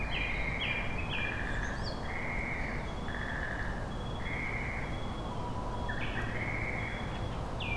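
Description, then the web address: Tit singing a series of high and lower whistled notes over steady low background noise. Recorded 3 May 2025. "kotorinomori kotori tit"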